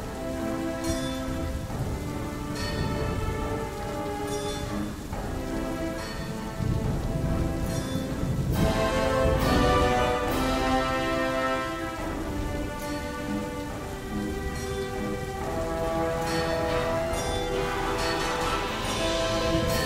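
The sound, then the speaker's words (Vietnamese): Steady heavy rain hisses without a break, with low rolling rumbles of thunder swelling underneath and sustained tonal layers running through the whole stretch. “Sau khi chôn cất xong xuôi, một cơn mưa to bắt đầu đổ xuống.”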